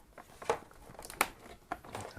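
A 24-pin plastic ATX power supply connector is pushed into the power socket on the outer edge of an MSI B650 Edge WiFi motherboard. Soft plastic rustling and small knocks lead up to a sharp, bright click at 1.2 s as the latch catches. The connector is seated.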